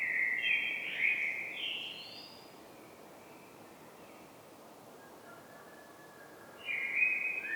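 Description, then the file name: Common blackbird song: a fluty phrase with a short high squeak, then roughly four seconds of quiet before a new mellow phrase begins. "Turdus merula"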